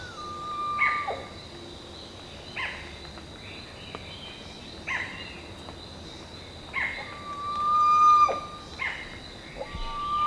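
Bird calls: short harsh notes with slurred falling tails, roughly every two seconds, with a long, steady, level whistle mid-pitch, over a constant hiss.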